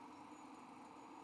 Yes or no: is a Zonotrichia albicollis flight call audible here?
no